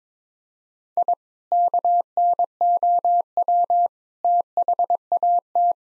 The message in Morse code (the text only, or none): I KNOW THAT